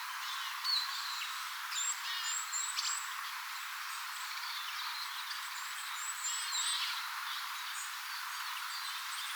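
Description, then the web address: Siskin flock calls as scattered thin high chirps and brief whistled notes over a constant hiss. A large flock apparently heard behind a flock of small birds; recorded 8 September 2025. "siella on pikkulintuparven taustalla suuri vihervarpusparvi ilmeisestikin. 8 9 2025"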